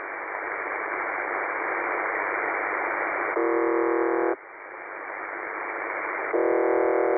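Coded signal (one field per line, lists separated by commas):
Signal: numbers station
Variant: UVB-76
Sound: steady radio hiss broken by two harsh, roughly one-second buzzes about three seconds apart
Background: radio static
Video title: The Buzzer/UVB-76 Voice Message (December 2, 2020 11:05 UTC)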